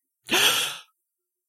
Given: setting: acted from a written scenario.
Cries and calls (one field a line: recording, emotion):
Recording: vocal sound without words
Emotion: distress